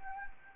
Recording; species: mosquito wingbeat signal from an infrared sensor; Anopheles gambiae